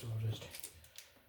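Someone talks while a push-on snap-in connector with spring barbs on MC cable is handled at the knockout of a junction box, ready to be pushed in. A few faint, brief handling ticks follow the speech, but nothing has seated or clicked yet.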